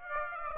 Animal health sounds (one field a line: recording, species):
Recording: mosquito wingbeat signal from an infrared sensor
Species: Aedes aegypti